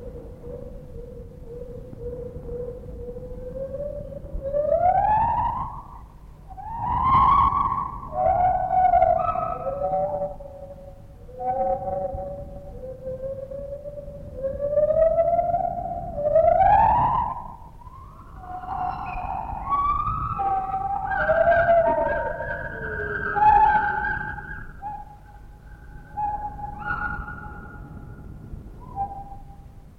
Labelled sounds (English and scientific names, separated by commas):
Lar Gibbon (Hylobates lar)